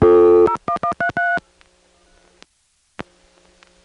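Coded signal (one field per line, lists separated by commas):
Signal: DTMF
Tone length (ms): 90 ms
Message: 01133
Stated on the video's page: Recording of an EAX local/toll telephone switch, 1977.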